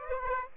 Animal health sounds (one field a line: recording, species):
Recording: mosquito wingbeat signal from an infrared sensor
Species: Aedes aegypti